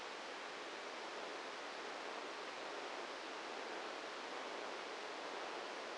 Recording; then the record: brain microelectrode recording played as sound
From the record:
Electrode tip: outside the subthalamic nucleus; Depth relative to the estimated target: 2 mm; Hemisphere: left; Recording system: NeuroSet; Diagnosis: Parkinson's disease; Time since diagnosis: 8 years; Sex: male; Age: 58 years